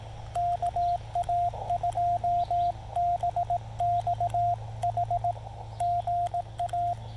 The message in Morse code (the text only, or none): KA2BXH GA